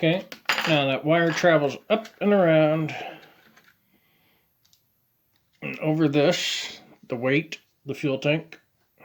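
Someone talks while handling the separate fuel tank weight piece of a model train locomotive, which is meant to snap into place on the chassis. During a quiet pause, a few faint, brief ticks of handling are heard around 3.6, 4.7 and 5.4 seconds, and then the talking resumes. The piece has not seated or clicked into place yet.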